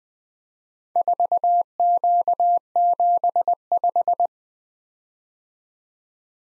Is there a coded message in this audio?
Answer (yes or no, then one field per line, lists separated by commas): yes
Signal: Morse code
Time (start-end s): 1.0-4.3 s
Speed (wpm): 20 wpm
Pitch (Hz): 700 Hz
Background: none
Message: 4Q75